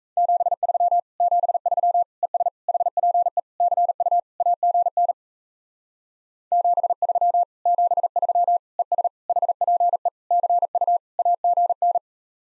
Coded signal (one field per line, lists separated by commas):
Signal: Morse code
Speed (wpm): 35 wpm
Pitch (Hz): 700 Hz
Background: none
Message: 73 73 ES HPE CU AGN 73 73 ES HPE CU AGN